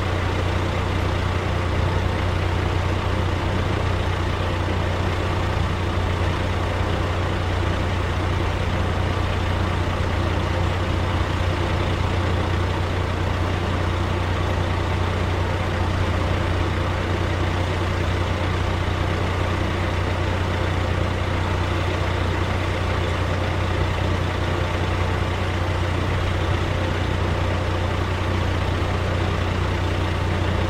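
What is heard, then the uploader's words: A truck engine idles steadily for the whole stretch, its deep, even rumble never rising or falling. A strong low hum sits underneath a dense, softer rattle and hiss higher up, with no separate events. The gentle sound of an idling truck engine. This episode features only the sound of the idling engine with no dialogue or voice.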